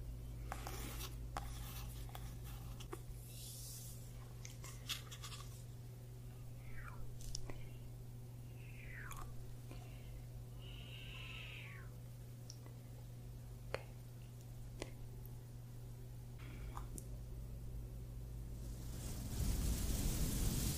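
A scalp massage with soft rustling and scratching of fingers through hair, coming in short strokes with sharp little clicks scattered throughout. A steady low hum runs underneath the whole time. Near the end, a louder rough rubbing swells up and covers everything.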